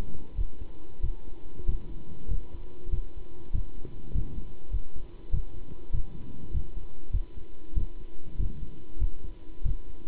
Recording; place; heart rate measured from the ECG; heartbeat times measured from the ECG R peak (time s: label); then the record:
heart sounds by stethoscope; between the tricuspid and mitral areas; 97 bpm
0.37 s: heartbeat
1.03 s: heartbeat
1.68 s: heartbeat
2.30 s: heartbeat
2.92 s: heartbeat
3.54 s: heartbeat
4.14 s: heartbeat
4.72 s: heartbeat
5.33 s: heartbeat
5.93 s: heartbeat
6.53 s: heartbeat
7.13 s: heartbeat
7.76 s: heartbeat
8.39 s: heartbeat
9.00 s: heartbeat
9.64 s: heartbeat
From the record:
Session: pedaling a stationary bicycle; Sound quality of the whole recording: good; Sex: male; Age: 27 years